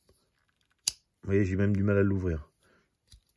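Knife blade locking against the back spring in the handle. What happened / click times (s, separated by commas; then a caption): The folding blade snapped into its locked open position / 0.9 s. A handmade folding knife blade is opened fully until it locks against the back spring in the handle, giving a loud, sharp snap at 0.9 s. Someone then talks, and a faint click follows near 3.1 s. The blade locks open.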